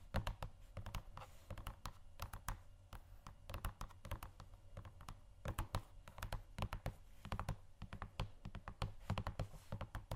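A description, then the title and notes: Shoes tap and scrape in quick, uneven runs that fill all ten seconds, the clicks crisp and sharp with short gaps between clusters. Dull low thuds sit under many of the taps, and a faint steady hum stays in the background. ASMR Shoes Scratching & Tapping（No Talking）.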